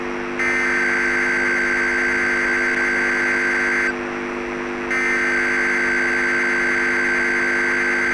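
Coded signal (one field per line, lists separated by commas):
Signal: Emergency Alert System (SAME) tones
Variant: header bursts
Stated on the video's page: Fictional tornado EAS scenario, remastered.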